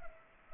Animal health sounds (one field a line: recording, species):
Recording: mosquito wingbeat signal from an infrared sensor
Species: Culex pipiens